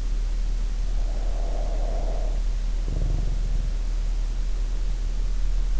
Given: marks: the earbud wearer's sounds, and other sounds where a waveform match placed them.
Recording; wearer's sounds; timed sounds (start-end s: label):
sounds in sleep by an in-ear microphone; snoring breath
1.12-4.28 s: snoring breath